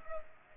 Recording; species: mosquito wingbeat signal from an infrared sensor; Culex pipiens